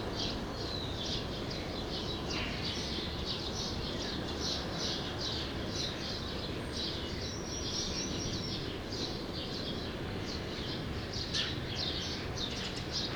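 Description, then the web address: True sparrow flock keeps up a continuous noisy chirping, many short high notes overlapping evenly throughout, with broad background hiss. "True sparrows. صدای-پرنده-راستین"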